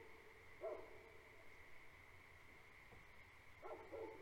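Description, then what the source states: Great Pyrenees giving a deep bark, then after a long pause another short burst of barking, with an unbroken high-pitched chorus of frogs throughout. Two livestock guardian dogs on a farm at night, barking for the first five minutes and periodically afterward; frog chorus in background; recorded March 2021.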